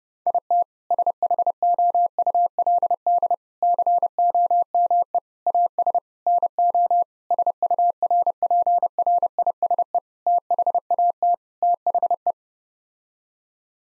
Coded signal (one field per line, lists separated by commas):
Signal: Morse code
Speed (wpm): 30 wpm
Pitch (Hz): 700 Hz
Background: none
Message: IT SHOULD COME AS NO SURPRISE THAT THE